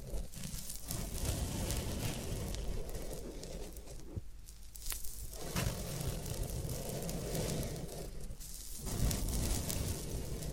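Floral foam being crushed and squeezed makes dense crackling, crunchy textures in waves, with brief quieter gaps around four and eight seconds.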